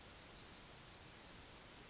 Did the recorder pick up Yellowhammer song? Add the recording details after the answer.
yes. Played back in forest. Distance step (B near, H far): G. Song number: 142